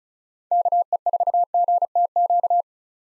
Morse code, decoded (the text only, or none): KE4GTQ